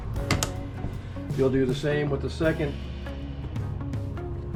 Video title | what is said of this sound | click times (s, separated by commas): Rampocalypse Killer: Building a PC without DDR5 RAM | And you're going to push this down together, and you'll hear it snap into place. | 0.3 s, 0.4 s